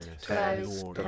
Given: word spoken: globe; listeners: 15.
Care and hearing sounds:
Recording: one English word in noise, from a listening test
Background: four-talker babble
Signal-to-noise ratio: 0.4 dB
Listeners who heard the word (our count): 0 of 15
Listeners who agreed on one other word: 7 of 15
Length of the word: 0.69 s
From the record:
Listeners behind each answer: 7, 2, 2, 1, 1, 1, 1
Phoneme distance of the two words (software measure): 27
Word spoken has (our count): 1 syllable, 4 phonemes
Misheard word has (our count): 1 syllable, 5 phonemes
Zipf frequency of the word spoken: 4.07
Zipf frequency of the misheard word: 4.74

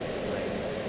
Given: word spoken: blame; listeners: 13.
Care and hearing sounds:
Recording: one English word in noise, from a listening test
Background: speech-shaped noise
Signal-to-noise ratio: -6.5 dB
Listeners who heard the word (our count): 0 of 13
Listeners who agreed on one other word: 6 of 13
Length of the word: 0.49 s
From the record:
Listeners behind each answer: 6, 3, 2, 1, 1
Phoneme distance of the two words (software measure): 20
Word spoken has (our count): 1 syllable, 4 phonemes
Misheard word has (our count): 1 syllable, 4 phonemes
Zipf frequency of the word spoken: 4.66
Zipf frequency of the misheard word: 4.36

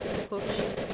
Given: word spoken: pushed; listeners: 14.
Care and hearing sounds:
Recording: one English word in noise, from a listening test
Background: noise modulated by three-talker babble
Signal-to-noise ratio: -6.4 dB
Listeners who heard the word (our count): 1 of 14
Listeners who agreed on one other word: 10 of 14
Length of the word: 0.54 s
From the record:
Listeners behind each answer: 10, 1, 1, 1, 1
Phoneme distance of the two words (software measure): 7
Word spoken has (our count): 1 syllable, 4 phonemes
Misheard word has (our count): 1 syllable, 3 phonemes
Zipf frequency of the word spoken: 4.51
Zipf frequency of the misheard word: 4.92

